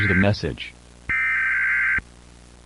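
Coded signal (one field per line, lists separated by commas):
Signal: Emergency Alert System (SAME) tones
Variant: header bursts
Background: speech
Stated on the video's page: Fake alert made in VHS tape style; all information is fictional.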